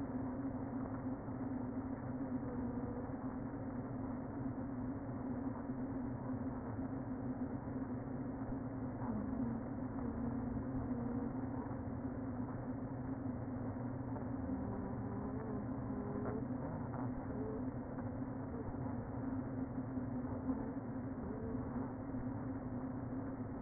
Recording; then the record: honeybee colony, microphone inside the hive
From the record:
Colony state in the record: queen present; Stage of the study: before two queens were removed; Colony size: about 60,000 bees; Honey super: yes